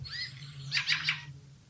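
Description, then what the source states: Fieldfare flight call: three rapid, grating chack notes in a short burst. Call given when flying over houses.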